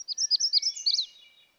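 Magnolia warbler song, a single quick phrase of high, sweet, slurred notes.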